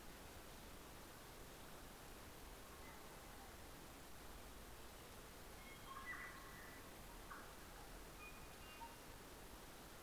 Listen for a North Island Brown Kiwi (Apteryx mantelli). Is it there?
no